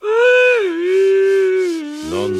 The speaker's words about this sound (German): Na, du, also bitteschön, verschling mich nicht vor lauter Gähnen. Halt wenigstens die Hand vor den Mund.